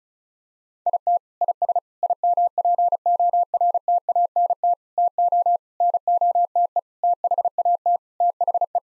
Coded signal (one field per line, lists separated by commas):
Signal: Morse code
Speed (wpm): 36 wpm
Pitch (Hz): 700 Hz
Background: none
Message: IT IS IMPORTANT TO NOTE THAT THE